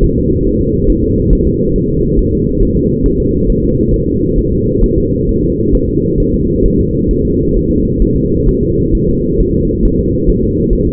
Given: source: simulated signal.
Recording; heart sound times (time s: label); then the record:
fetal heart sounds
0.04 s: S1
0.18 s: S2
0.47 s: S1
0.61 s: S2
0.90 s: S1
1.04 s: S2
1.33 s: S1
1.47 s: S2
1.76 s: S1
1.90 s: S2
2.19 s: S1
2.33 s: S2
2.63 s: S1
2.77 s: S2
3.06 s: S1
3.20 s: S2
3.50 s: S1
3.64 s: S2
3.94 s: S1
4.08 s: S2
4.38 s: S1
4.52 s: S2
4.84 s: S1
4.98 s: S2
5.29 s: S1
5.43 s: S2
5.75 s: S1
5.89 s: S2
6.20 s: S1
6.34 s: S2
6.66 s: S1
6.80 s: S2
7.11 s: S1
7.25 s: S2
7.57 s: S1
7.71 s: S2
8.02 s: S1
8.16 s: S2
8.49 s: S1
8.63 s: S2
8.95 s: S1
9.09 s: S2
9.40 s: S1
9.54 s: S2
9.85 s: S1
9.99 s: S2
10.29 s: S1
10.44 s: S2
10.73 s: S1
10.87 s: S2
From the record:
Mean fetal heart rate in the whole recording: 135 bpm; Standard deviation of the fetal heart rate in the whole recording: 3 bpm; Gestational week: 36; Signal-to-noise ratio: -14.7 dB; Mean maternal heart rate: 72 bpm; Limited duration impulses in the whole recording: present